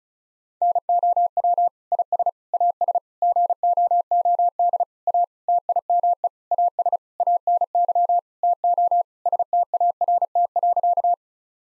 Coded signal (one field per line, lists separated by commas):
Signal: Morse code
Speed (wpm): 36 wpm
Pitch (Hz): 700 Hz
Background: none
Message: NOW IS AS GOOD A TIME AS ANY TO START.